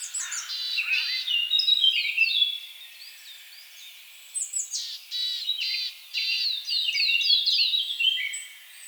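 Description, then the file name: Eurasian blackcap song: bright, fast warbled phrases of high chattering and whistled notes in two bursts with a short pause. "Sylvia atricapilla"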